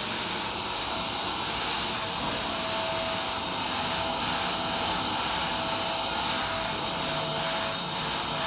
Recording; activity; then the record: daily activity, microphone in the room; vacuum cleaning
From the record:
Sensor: 2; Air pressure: 994.3 hPa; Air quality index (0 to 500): 213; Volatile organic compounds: 1000 ppm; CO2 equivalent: 7027 ppm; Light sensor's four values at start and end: 51/117/49/50 and 51/117/49/50